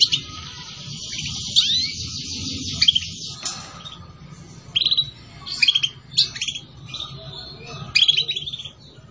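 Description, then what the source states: Canary song: dense buzzy trills giving way to bursts of sharp high chirps, over steady background hiss. Song used to lure birds.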